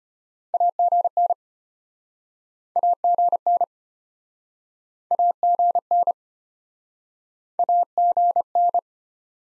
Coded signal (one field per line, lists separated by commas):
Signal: Morse code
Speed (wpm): 36 wpm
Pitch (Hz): 700 Hz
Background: none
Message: AGN AGN AGN AGN